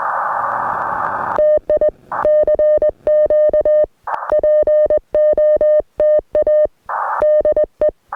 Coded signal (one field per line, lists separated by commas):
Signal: Morse code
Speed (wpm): 21 wpm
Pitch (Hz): 610 Hz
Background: none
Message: TI CQ POTA DE